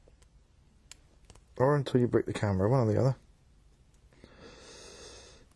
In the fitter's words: so this part here you press down until it clicks